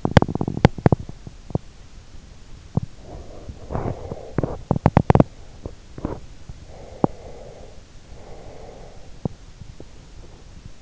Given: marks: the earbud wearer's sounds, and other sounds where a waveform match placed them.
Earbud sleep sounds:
sounds in sleep by an in-ear microphone; teeth grinding, breath
0.00-1.65 s: teeth grinding
2.74-6.27 s: teeth grinding
6.76-9.23 s: breath
9.42-10.82 s: teeth grinding

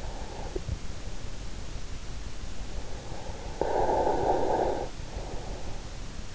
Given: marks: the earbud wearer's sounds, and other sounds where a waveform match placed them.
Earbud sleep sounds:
sounds in sleep by an in-ear microphone; breath, snoring breath
0.00-0.99 s: breath
3.51-5.27 s: snoring breath

